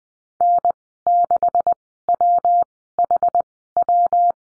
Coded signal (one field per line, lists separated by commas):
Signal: Morse code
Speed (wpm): 20 wpm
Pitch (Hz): 700 Hz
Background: none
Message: N6WHW